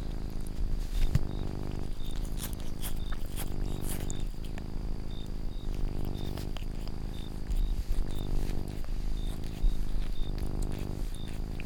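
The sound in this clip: Domestic cat purr, deep and continuous, broken into regular breath cycles, while brief high chirps sound faintly now and then.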